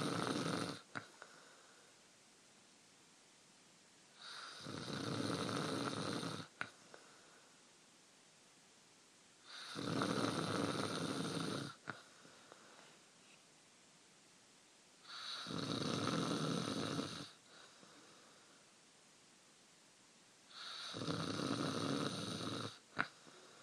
Snoring.